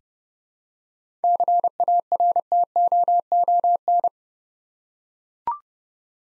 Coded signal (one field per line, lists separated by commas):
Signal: Morse code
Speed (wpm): 29 wpm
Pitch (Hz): 700 Hz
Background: none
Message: CARTOON